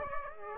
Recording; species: mosquito wingbeat signal from an infrared sensor; Aedes aegypti